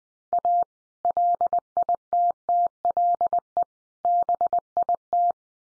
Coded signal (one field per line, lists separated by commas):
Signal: Morse code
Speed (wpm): 19 wpm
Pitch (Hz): 700 Hz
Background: none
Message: A LITTLE BIT